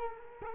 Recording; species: mosquito wingbeat signal from an infrared sensor; Culex quinquefasciatus